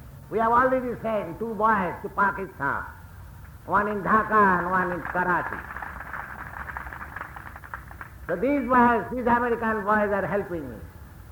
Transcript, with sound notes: We have already sent two boys to Pakistan—one in Dacca and one in Karachi. [applause]
So these boys, these American boys, are helping me.